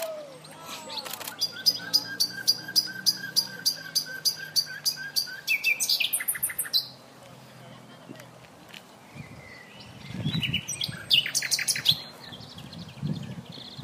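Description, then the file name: Common nightingale song: a fast series of sharp repeated notes for about seven seconds, a pause, then another rapid burst of notes. "Luscinia megarhynchos"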